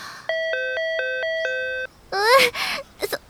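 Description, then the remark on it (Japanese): An electronic doorbell chime, pressed at a shrine, rings out in a quick string of steady, bright tones lasting over a second, followed by a brief voice with sliding pitch. “そこはピンポン押すところじゃないと思います。”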